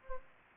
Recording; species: mosquito wingbeat signal from an infrared sensor; Anopheles gambiae